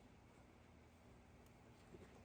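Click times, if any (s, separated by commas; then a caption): none. A fuel line quick connector is being handled at the fuel pump outlet down on a dirt bike's fuel tank, ready to be pushed on. Only a low, steady background hum is heard with faint shuffling. Nothing has seated or clicked yet.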